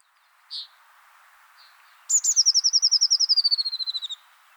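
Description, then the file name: Eurasian blue tit giving a fast trill of many high, sharp notes that slide steadily downward over about two seconds, after a short chip. "Cyanistes caeruleus"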